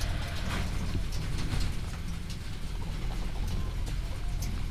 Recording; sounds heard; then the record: poultry house recording; healthy chickens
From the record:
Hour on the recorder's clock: 15